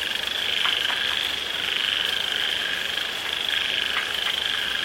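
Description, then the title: Frogs give a continuous shrill trilling chorus, with rain hissing steadily beneath. Frogs calling in the rain; their sound gradually becomes quieter as the rain grows heavy. "The sound of frogs in the rain - the sound of frogs gradually becomes smaller when the rain is heavy"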